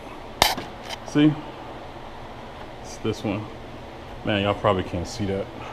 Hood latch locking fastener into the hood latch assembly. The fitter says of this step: And then what you do is just spin, put your Allen key in there, and just spin it. That's how it locks up.